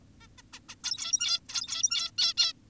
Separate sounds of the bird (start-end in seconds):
0.21-0.27, 0.38-0.42, 0.53-0.60, 0.69-0.75, 0.84-1.40, 1.49-2.11, 2.18-2.34, 2.38-2.53